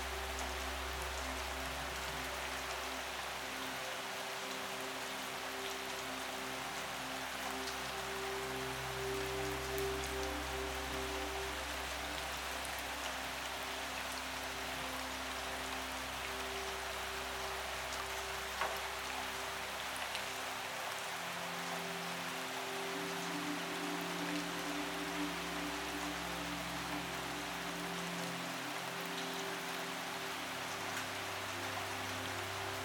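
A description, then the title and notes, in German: Steady rain patters densely and evenly throughout, a constant hiss of drops with no pauses. Beneath it, soft low music drifts along, sustained tones and a low hum that swell and fade every few seconds, shifting to a new chord around twenty seconds in. Sanfte MUSIK und das Geräusch des REGENS Verschmelzen. Das zarte Murmeln des Regens und sanfte Melodien.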